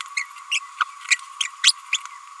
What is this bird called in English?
Green-rumped Parrotlet